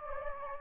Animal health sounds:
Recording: mosquito wingbeat signal from an infrared sensor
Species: Anopheles gambiae

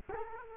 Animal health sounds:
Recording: mosquito wingbeat signal from an infrared sensor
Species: Culex quinquefasciatus

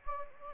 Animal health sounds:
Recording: mosquito wingbeat signal from an infrared sensor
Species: Anopheles gambiae

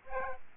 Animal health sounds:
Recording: mosquito wingbeat signal from an infrared sensor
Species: Aedes aegypti

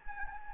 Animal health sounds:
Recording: mosquito wingbeat signal from an infrared sensor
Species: Anopheles gambiae

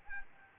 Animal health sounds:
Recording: mosquito wingbeat signal from an infrared sensor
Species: Aedes albopictus

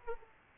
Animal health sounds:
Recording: mosquito wingbeat signal from an infrared sensor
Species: Aedes aegypti

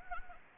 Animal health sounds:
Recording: mosquito wingbeat signal from an infrared sensor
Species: Anopheles gambiae

